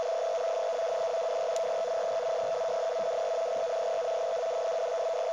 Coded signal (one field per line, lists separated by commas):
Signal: NAVTEX (SITOR-B)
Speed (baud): 100 baud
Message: APR 22, 23 APR 22, 24 APR 22,25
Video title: 518 Khz Navtex yayını Sekizgen loop ve RTL-SDR